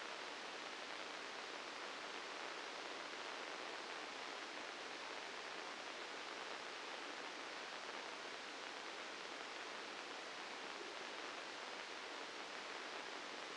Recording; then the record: brain microelectrode recording played as sound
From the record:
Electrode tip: outside the subthalamic nucleus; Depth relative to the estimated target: -3 mm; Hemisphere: left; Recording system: NeuroSet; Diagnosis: Parkinson's disease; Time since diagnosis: 9 years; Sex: male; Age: 56 years